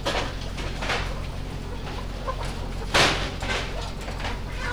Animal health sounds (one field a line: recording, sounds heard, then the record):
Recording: poultry house recording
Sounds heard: healthy chickens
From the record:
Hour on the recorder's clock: 2